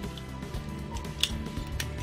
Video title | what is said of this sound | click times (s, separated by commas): 胡服騎射的變形金剛分享時間1509集 銀河奧德賽系列 判官 雙面人 Galactic Odyssey Dominus Criminal Pursuit Barricade & Punch | 扣好，然后这里有一个组合的卡扣，把它给扣上，旋转一下， | 1.2 s